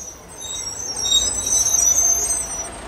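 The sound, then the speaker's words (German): A bus travelling from Ornans to Besançon, France, drives along with a steady low rumble of engine and road noise, while thin, high-pitched whines and squeals drift over the top and swell slightly midway. “Der Bus bringt mich von Ornans nach Besançon.”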